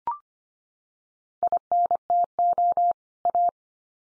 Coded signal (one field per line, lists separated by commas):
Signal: Morse code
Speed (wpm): 25 wpm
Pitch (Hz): 700 Hz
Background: none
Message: INTO A